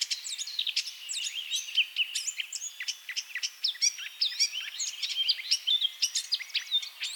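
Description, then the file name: Eurasian blackcap singing a busy, scratchy warble of quick high chirps and twisting whistled phrases that never stop, over light background hiss. "Sylvia atricapilla"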